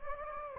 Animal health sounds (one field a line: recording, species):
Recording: mosquito wingbeat signal from an infrared sensor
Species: Anopheles gambiae